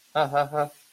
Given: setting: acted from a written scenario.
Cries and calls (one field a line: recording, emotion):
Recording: vocal sound without words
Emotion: amusement